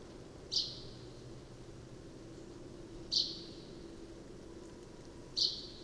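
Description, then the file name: Common chaffinch gives three clipped, high 'pink' calls spaced roughly two and a half seconds apart, over a soft low hum. "Fringilla coelebs"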